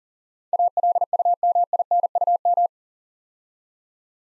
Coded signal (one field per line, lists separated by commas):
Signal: Morse code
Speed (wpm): 38 wpm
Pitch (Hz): 700 Hz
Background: none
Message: ALUMINUM